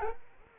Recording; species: mosquito wingbeat signal from an infrared sensor; Culex quinquefasciatus